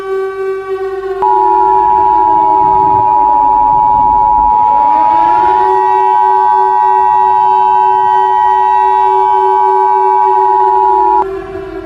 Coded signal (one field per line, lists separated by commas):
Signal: Emergency Alert System (SAME) tones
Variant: 853 and 960 Hz attention tone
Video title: (1.3K Subscribers Special) EAS Scenario #6: The Fastbots